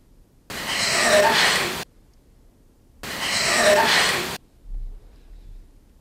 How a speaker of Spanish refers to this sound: Seccionada la psicofonía, escuchamos de nuevo esa respiración que, por cierto, parece que alguien que está, no sé, respirando muy mal.